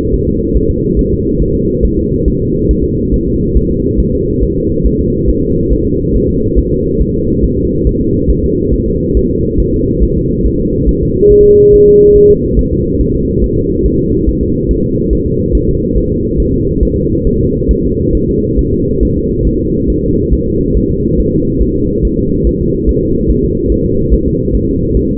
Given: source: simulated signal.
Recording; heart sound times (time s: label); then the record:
fetal heart sounds
0.14 s: S1
0.28 s: S2
0.56 s: S1
0.71 s: S2
0.99 s: S1
1.13 s: S2
1.42 s: S1
1.56 s: S2
1.85 s: S1
1.99 s: S2
2.28 s: S1
2.42 s: S2
2.71 s: S1
2.85 s: S2
3.14 s: S1
3.28 s: S2
3.57 s: S1
3.71 s: S2
4.00 s: S1
4.14 s: S2
4.43 s: S1
4.57 s: S2
4.86 s: S1
5.00 s: S2
5.29 s: S1
5.44 s: S2
5.73 s: S1
5.87 s: S2
6.16 s: S1
6.30 s: S2
6.59 s: S1
6.73 s: S2
7.01 s: S1
7.16 s: S2
7.44 s: S1
7.58 s: S2
7.87 s: S1
8.01 s: S2
8.30 s: S1
8.44 s: S2
8.73 s: S1
8.88 s: S2
9.17 s: S1
9.31 s: S2
9.60 s: S1
9.74 s: S2
10.03 s: S1
10.18 s: S2
10.46 s: S1
10.60 s: S2
10.89 s: S1
11.03 s: S2
11.32 s: S1
11.46 s: S2
11.74 s: S1
11.88 s: S2
12.16 s: S1
12.31 s: S2
12.59 s: S1
12.73 s: S2
13.01 s: S1
13.15 s: S2
13.44 s: S1
13.58 s: S2
13.86 s: S1
14.00 s: S2
14.29 s: S1
14.43 s: S2
14.71 s: S1
14.85 s: S2
15.13 s: S1
15.27 s: S2
15.55 s: S1
15.69 s: S2
15.97 s: S1
16.12 s: S2
16.40 s: S1
16.54 s: S2
16.83 s: S1
16.97 s: S2
17.27 s: S1
17.41 s: S2
17.71 s: S1
17.85 s: S2
18.15 s: S1
18.29 s: S2
18.59 s: S1
18.73 s: S2
19.03 s: S1
19.17 s: S2
19.47 s: S1
19.61 s: S2
19.90 s: S1
20.04 s: S2
20.33 s: S1
20.48 s: S2
20.77 s: S1
20.91 s: S2
21.20 s: S1
21.34 s: S2
21.62 s: S1
21.77 s: S2
22.05 s: S1
22.19 s: S2
22.47 s: S1
22.61 s: S2
22.89 s: S1
23.03 s: S2
23.31 s: S1
23.45 s: S2
23.72 s: S1
23.86 s: S2
24.13 s: S1
24.28 s: S2
24.55 s: S1
24.69 s: S2
24.97 s: S1
25.11 s: S2
From the record:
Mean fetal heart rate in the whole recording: 140 bpm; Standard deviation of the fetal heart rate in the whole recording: 2 bpm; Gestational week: 34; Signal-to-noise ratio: -14.7 dB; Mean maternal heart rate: 72 bpm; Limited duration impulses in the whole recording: present